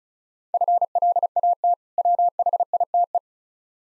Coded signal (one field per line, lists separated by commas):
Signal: Morse code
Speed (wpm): 36 wpm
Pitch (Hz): 700 Hz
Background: none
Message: FLAT WHITE